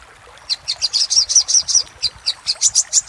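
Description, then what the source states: Little spiderhunter song: a steady run of sharp, high chirping notes. Master audio for training cage birds; labaik style.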